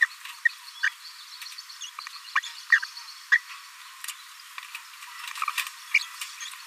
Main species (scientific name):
Forpus passerinus